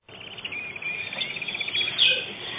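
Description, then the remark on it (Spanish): Birds chirping steadily and fluttering on a sunny day, a busy stream of high, overlapping tweets and trills that carries on without pause from start to finish, with no one talking. “Mariposas, flores, los pajaritos revoloteando y ese hermoso aroma a naturaleza viva.”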